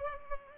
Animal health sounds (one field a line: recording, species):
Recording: mosquito wingbeat signal from an infrared sensor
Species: Culex pipiens